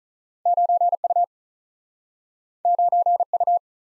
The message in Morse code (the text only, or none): 9 U 9 U